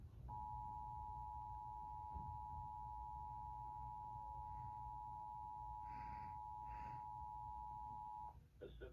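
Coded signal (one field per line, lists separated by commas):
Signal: Emergency Alert System (SAME) tones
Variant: 853 and 960 Hz attention tone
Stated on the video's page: Required monthly test as carried on a public TV station.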